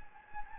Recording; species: mosquito wingbeat signal from an infrared sensor; Anopheles gambiae